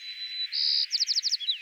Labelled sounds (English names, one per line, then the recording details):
White-crowned Sparrow song
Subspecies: nuttalli
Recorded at Bonny Doon, California, in 2014
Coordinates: 36.995, -122.180
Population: admixed
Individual BODU_male966_14